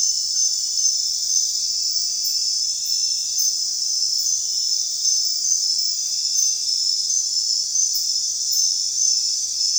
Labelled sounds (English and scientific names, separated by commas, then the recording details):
none
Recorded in secondary vegetation near Puerto Asís, Putumayo, Colombia, on 23 June 2025 at 23:30
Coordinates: 0.498, -76.327
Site GP09